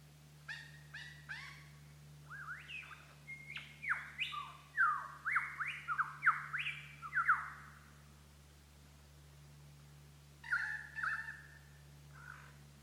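Lyrebird song, a rich burst of mixed whistles, harsh notes and rapid sweeping phrases, pausing, then a short harsh phrase again, over a low hum.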